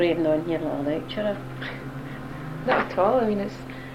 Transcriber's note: laughs